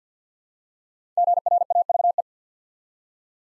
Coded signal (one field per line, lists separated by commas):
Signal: Morse code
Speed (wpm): 50 wpm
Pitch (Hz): 700 Hz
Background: none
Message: GRAVE